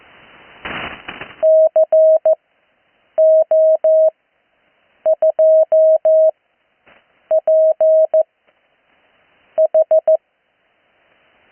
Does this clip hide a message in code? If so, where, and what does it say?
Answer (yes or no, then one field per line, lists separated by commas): yes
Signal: Morse code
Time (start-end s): 1.4-10.2 s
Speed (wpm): 14 wpm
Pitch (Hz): 630 Hz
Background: none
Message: CO2PH